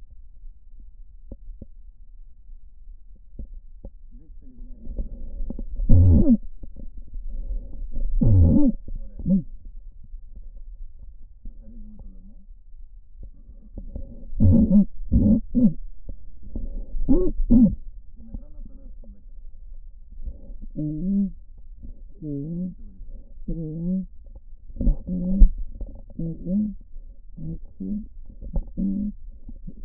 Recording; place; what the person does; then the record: lung sounds by stethoscope; right posterior apical chest; quiet breathing, then cough and speech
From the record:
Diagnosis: COPD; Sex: female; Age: 68 years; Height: 150 cm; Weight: 70 kg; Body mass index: 31.1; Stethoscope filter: diaphragm mode